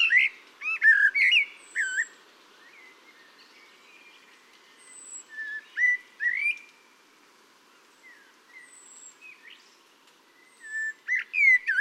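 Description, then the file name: Common blackbird song: short fluty whistled phrases with squeaky high flourishes, coming in scattered groups and separated by pauses. "Turdus merula"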